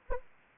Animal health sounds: mosquito wingbeat signal from an infrared sensor; Anopheles arabiensis

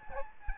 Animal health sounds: mosquito wingbeat signal from an infrared sensor; Aedes albopictus

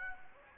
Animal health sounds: mosquito wingbeat signal from an infrared sensor; Anopheles gambiae

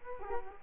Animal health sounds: mosquito wingbeat signal from an infrared sensor; Culex quinquefasciatus

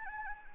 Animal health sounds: mosquito wingbeat signal from an infrared sensor; Anopheles arabiensis

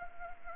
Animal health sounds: mosquito wingbeat signal from an infrared sensor; Anopheles gambiae

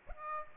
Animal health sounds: mosquito wingbeat signal from an infrared sensor; Aedes aegypti

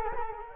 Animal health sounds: mosquito wingbeat signal from an infrared sensor; Culex quinquefasciatus

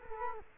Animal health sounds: mosquito wingbeat signal from an infrared sensor; Culex quinquefasciatus

